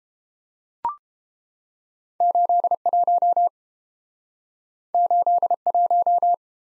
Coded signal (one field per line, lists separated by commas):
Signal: Morse code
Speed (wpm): 31 wpm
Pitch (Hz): 700 Hz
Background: none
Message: 81 81